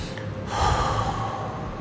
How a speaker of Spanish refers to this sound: Y ahora toma una respiración profunda y exhala por la boca.